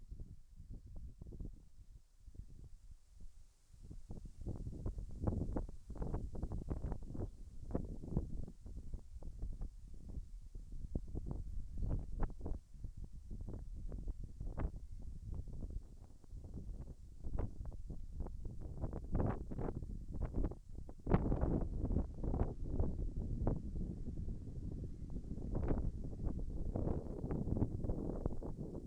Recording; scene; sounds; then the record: everyday scene through a hearing-aid microphone; wind on the microphone; wind, birds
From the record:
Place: in front of a rural house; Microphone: behind the ear, left, front